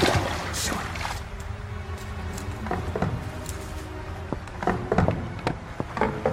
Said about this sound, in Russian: Партизаны под мостом прикрепляют взрывчатку к опорам. Роняют что-то в воду.